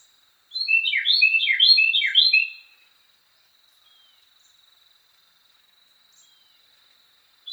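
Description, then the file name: Carolina wren song, a fast burst of repeated slurred phrases lasting about two seconds, then near silence with a thin steady tone before the song resumes at the end. Song variation 5. "suara-kicauan-burung-carolina-wren-variasi-5-omkicau"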